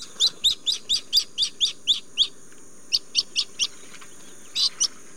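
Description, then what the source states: Jacana sharp chirping calls: a fast series of high, clipped notes, a pause, then shorter runs, over steady background noise. Also called lily trotters; females compete for territories holding several males half their size; males do all the childcare.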